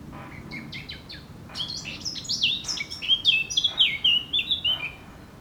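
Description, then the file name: Eurasian blackcap song building from soft scratchy notes into loud, clear fluted whistles, sung almost continuously. "Sylvia atricapilla"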